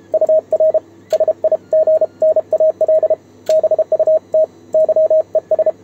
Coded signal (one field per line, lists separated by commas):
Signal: Morse code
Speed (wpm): 32 wpm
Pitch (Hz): 630 Hz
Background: radio noise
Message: UR SIGNAL BUT YES